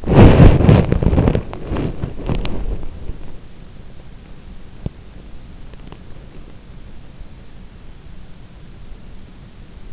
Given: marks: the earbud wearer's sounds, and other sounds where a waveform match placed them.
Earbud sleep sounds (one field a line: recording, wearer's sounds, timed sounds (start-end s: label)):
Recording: sounds in sleep by an in-ear microphone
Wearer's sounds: body movement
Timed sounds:
0.00-7.88 s: body movement